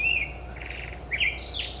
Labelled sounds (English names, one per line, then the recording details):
Black-headed Grosbeak
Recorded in Sonoma County, California